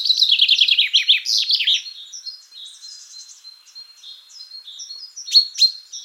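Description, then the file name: Common chaffinch song: a quick descending series of notes with a terminal flourish, then softer high whistles and a few sharp chirps near the end. "Fringilla coelebs"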